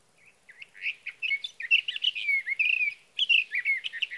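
Sage thrasher warbling song with rich slurred whistles and rapid chatter, broken by one short pause before resuming.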